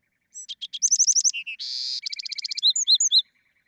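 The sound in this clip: Bewick's wren singing a fast, complex phrase of clear rapid notes, a short harsh buzz, a low rattling trill, then several sharp slurred whistles.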